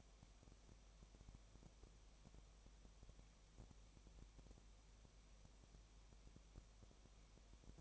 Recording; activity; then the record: daily activity, microphone in the room; no activity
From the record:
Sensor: 1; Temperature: 19.7 degrees Celsius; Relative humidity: 37.0%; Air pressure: 1007.2 hPa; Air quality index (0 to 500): 144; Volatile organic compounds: 5 ppm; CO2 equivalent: 1762 ppm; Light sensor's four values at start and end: 1/2/1/1 and 1/2/1/1